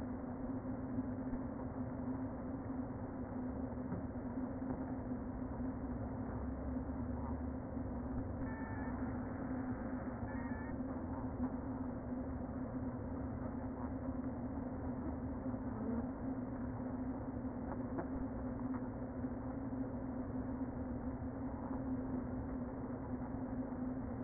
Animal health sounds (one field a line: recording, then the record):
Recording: honeybee colony, microphone inside the hive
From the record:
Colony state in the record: queen present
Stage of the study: before two queens were removed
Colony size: about 60,000 bees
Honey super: yes